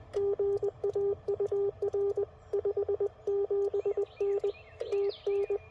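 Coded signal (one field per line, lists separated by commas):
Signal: Morse code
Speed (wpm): 19 wpm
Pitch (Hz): 400 Hz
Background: radio noise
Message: GAUR 57N TN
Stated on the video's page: Morse from a park activation at a rare park, using FT-857, Putikeeg key and JPC-7 dipole.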